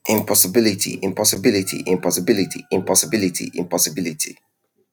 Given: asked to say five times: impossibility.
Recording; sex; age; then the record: repeated word; male; 20 to 29 years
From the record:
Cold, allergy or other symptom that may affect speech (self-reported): no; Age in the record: 28 years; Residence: United Kingdom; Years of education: 16